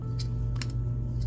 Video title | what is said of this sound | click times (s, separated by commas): MEGATRON Concept Art Review -- Bumblebee Movie | Make sure everything locks in place, and it did. | 0.6 s